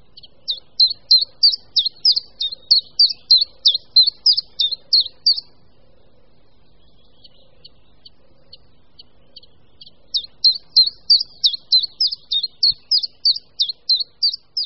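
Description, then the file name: Chiffchaff song of evenly spaced high notes alternating slightly in pitch, a long run, a pause of about four seconds, then another run. "Budníček-menší"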